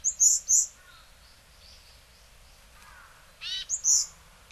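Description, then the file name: Varied tit calling with quick runs of three piercing high notes at start and end, faint notes in between. Hyogo, February 2009. "yamagara 0902 hyogo kaji"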